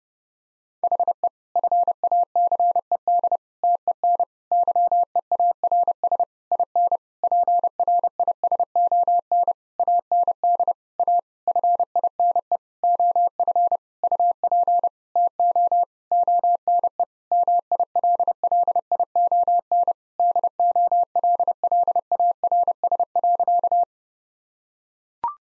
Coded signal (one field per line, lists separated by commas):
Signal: Morse code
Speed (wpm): 30 wpm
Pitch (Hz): 700 Hz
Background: none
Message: HE FACED TEN YEARS IN PRISON AND A FINE OF UP TO ONE MILLION DOLLARS.